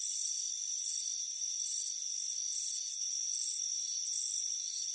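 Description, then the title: High cricket chirps alternate louder and softer, pulsing roughly twice a second over an unbroken shrill background. Warm afternoon on a front porch. "Soothing Crickets Chirping Sound"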